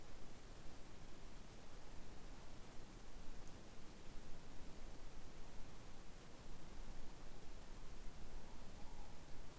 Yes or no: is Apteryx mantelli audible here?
no